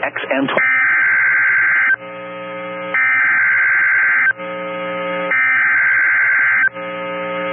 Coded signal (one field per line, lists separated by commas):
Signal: Emergency Alert System (SAME) tones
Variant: header bursts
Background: speech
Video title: 5/30/22 - Severe Thunderstorm Warning on WXM28 (EAS #506)